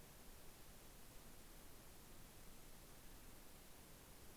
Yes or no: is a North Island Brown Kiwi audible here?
no